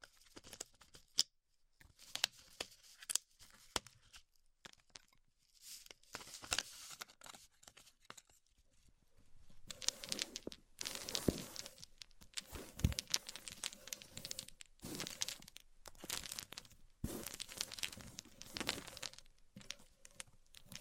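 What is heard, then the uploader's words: A bandage is ripped off in a run of short, crackly tearing bursts with quiet gaps between them. The first half is sparse and scattered. From about ten seconds the tearing grows louder and denser, with longer rasping pulls near 11, 13, 15 and 18 seconds. ASMR Ripping Off the Band Aid (No Talking).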